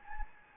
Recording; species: mosquito wingbeat signal from an infrared sensor; Anopheles gambiae